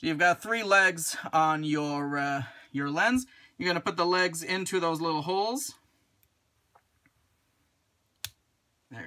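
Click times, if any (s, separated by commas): 8.2 s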